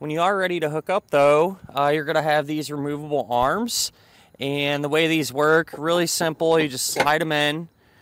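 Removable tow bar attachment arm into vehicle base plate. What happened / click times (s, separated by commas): Handled, not yet home: the tow arm has not locked into its mount / none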